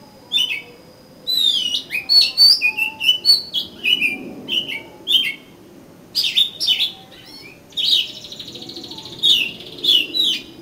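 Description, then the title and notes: Oriental magpie-robin song, a fast stream of varied whistles and chirps, then a buzzy churring stretch with further sharp notes. "suara kacer. kumpulan suara burung kacer"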